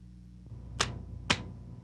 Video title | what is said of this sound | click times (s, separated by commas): Torqueing Lug nuts | When you hear the click, the torque is properly set. | 0.8 s, 1.3 s